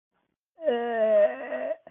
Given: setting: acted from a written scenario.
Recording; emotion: vocal sound without words; disgust